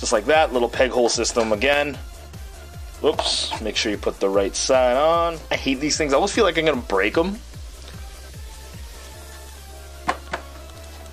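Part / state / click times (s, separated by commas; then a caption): plastic hand onto wrist peg of action figure / seated / 10.1 s, 10.3 s. A plastic hand is pushed onto the wrist peg of an action figure after the wrong side is picked first, while someone talks over background music. After the talking stops, two small sharp clicks are heard at 10.1 s and 10.3 s as the hand seats on the peg.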